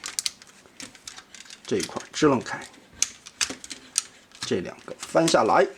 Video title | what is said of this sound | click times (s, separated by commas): 35年前的钢锁废案？勇者凯撒 DX 宇宙海盗 龙鬼 玩具开箱 | 锁到底都有那种定位的地方，咔吧把它扣上， | 0.3 s